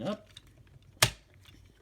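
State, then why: Seated. A plastic clip on a transforming toy robot is pushed into its slot during a transformation while someone talks. One loud, sharp click sounds at 1.0 seconds as the clip snaps into place, and it is seated.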